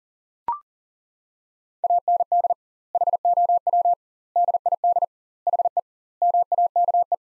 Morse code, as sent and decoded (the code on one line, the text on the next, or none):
.- -. -.. / .... --- .-- / -.. .. -.. / .... . / -- .- -.- .
AND HOW DID HE MAKE